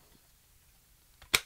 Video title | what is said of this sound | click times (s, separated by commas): DJI FPV Drone Arm Bracers - A Good or Bad Idea? | We just got to kind of force it in until it snaps in. | 1.3 s